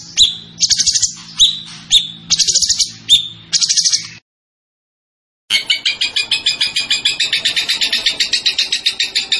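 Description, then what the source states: Zebra finch song: a run of short chattering trill bursts, a pause, then a long steady series of rapid high pulsed notes. Master recording for training cage birds; the bird is described as gacor (singing constantly).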